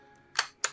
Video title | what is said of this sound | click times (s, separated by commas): Mandalorian Amban Phase-pulse Blaster Riflle by Nerf LTD. Star Wars | and I'm locked in I'm locked and loaded now | 0.4 s, 0.6 s